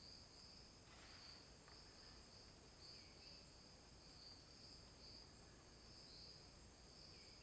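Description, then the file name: Cricket chorus of repeated high pulsed chirps over a continuous shrill drone, with a few faint bird notes in the background. Forest ambience; crickets with an isolated bird song. "Ambiente na floresta com grilos e canto de passaro isolado"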